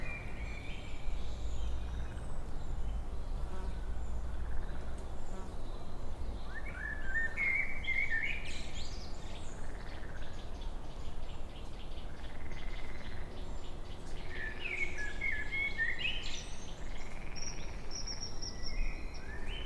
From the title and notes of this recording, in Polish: Park Pawłowicki, Wrocław. Park Pawłowicki, Pawłowice. Czas: 19.56. Ptaki i żaby w Parku Pawłowickim. Rekorder, mikrofon: Rode NT4, FEL Battery Preamp, Sony PCM D50. Autor nagrania: Bartosz Grzyb.